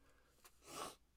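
One adult sneeze from someone with allergies who has been congested and stuffy all morning: a quick catch of breath, then a hissing, explosive burst of air lasting under half a second.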